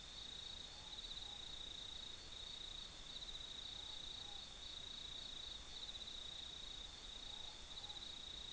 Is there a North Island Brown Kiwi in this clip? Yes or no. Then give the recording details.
no. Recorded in New Zealand